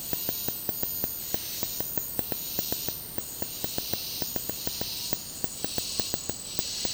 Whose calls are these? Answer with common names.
none